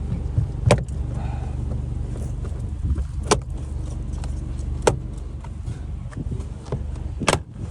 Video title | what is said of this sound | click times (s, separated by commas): 2018-2022 honda accord door lighting install | When you hear one click, | 0.7 s, 3.3 s, 4.9 s, 7.3 s